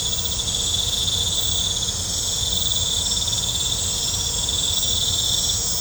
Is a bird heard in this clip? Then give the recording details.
no. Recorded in pastures near Puerto Asís, Putumayo, Colombia, on 20 December 2024 at 19:00. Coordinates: 0.502, -76.324. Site G077